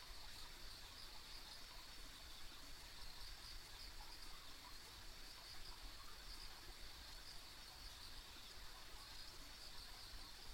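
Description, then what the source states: Insects produce clusters of quick high chirps above a steady chorus, with low rumbling noise throughout. Ambient insect sounds on a country road.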